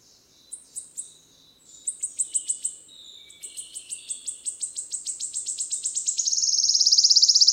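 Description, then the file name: Wood warbler song: two short runs of high ticking notes, then a longer accelerating series running into a loud, shivering high trill at the end. 10 May 2008, 11:17. "20080510 1117 Phylloscopus sibilatrix"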